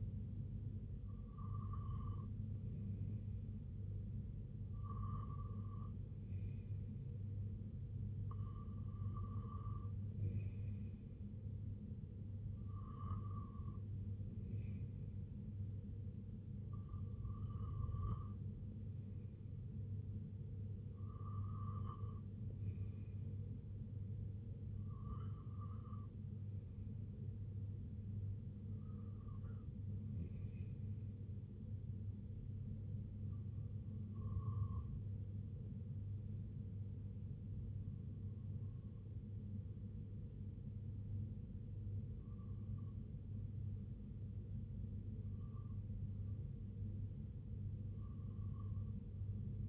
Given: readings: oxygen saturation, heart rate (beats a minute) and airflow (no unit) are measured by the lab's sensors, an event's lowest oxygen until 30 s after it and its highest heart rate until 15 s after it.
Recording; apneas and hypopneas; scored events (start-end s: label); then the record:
breathing in sleep by a smartphone at the bedside; none
none scored
From the record:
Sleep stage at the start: N1 (lightest sleep); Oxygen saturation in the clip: 93 to 95%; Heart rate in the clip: 73 to 80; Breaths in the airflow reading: 10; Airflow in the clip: -6.3 to 3.4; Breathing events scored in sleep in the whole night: 258 in 7.4 hours asleep